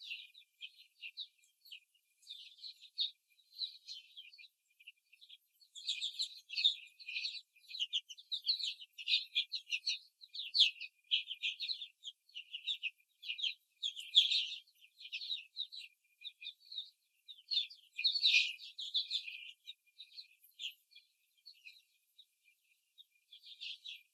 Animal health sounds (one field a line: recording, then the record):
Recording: young laying hens in a cage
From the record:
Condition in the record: before the stressor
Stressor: simulated dog barking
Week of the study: 3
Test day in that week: 2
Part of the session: 4